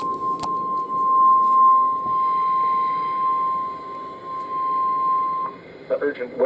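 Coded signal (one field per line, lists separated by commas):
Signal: Emergency Alert System (SAME) tones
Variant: 1050 Hz attention tone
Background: speech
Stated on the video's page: Multiple severe weather EAS alerts from scattered severe storms and tornadoes in northern Ohio; low bitrate audio.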